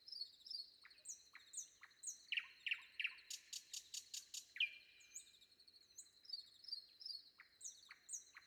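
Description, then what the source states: Common nightingale song with sharp repeated notes building into a loud rattling burst, then a long drawn-out note, over other birds' thin trills. Sung before dawn.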